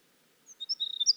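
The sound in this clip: Winter wren song opening: after a short quiet start, thin high notes come in quickly and build, cut off mid-song.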